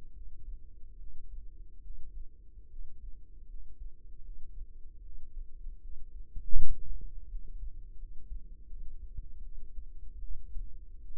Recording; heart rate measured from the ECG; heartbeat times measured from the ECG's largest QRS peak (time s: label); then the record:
heart sounds by microphone in the right ear; 77 bpm
0.13 s: heartbeat
0.97 s: heartbeat
1.81 s: heartbeat
2.68 s: heartbeat
3.46 s: heartbeat
4.22 s: heartbeat
5.02 s: heartbeat
5.80 s: heartbeat
6.55 s: heartbeat
7.28 s: heartbeat
7.97 s: heartbeat
8.67 s: heartbeat
9.42 s: heartbeat
10.20 s: heartbeat
11.01 s: heartbeat
From the record:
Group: healthy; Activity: rest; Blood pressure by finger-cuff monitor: 131/80 mmHg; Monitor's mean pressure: 100 mmHg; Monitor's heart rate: 79 bpm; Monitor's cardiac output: 7 L/min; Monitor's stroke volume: 89 mL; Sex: female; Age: 22 years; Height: 161 cm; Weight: 65.5 kg